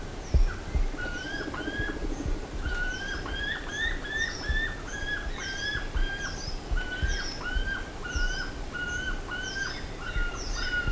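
Bird calls, a fast, steady series of hooked whistled notes with a few higher chirps, over constant low background noise.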